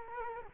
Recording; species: mosquito wingbeat signal from an infrared sensor; Culex quinquefasciatus